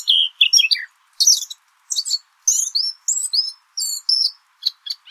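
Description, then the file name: Eurasian blackcap with a lively warbling song, clear fluting notes mixed with rapid chattery bursts, delivered in short runs with brief pauses. "Sylvia atricapilla"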